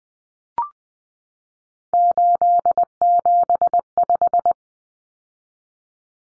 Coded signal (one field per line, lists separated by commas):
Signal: Morse code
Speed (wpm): 20 wpm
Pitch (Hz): 700 Hz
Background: none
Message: 875